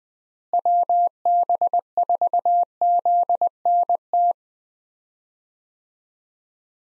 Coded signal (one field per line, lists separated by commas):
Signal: Morse code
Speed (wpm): 21 wpm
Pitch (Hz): 700 Hz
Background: none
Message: WB4ZNT